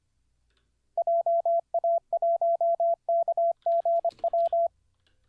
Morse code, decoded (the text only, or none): JA1KGW